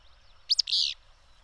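Bird call: two bright, clipped notes and then a grating buzzy note, given once with light background hiss.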